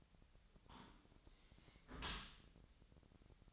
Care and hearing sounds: daily activity, microphone in the room; close dishwasher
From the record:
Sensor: 3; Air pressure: 1003.1 hPa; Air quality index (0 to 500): 196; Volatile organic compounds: 6 ppm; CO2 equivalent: 1916 ppm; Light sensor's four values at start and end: 33/83/36/38 and 34/83/36/39

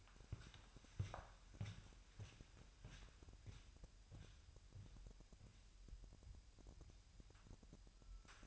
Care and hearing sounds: daily activity, microphone in the room; walk to room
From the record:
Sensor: 2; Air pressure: 1001.9 hPa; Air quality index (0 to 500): 249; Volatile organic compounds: 35 ppm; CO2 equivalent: 3065 ppm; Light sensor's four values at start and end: 6/14/5/6 and 6/14/6/6

